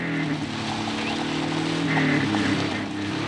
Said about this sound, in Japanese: ダラ、車はゆっくり発進させるんだ。 はい、大佐。